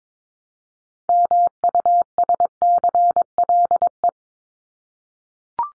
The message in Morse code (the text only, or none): MUSCLE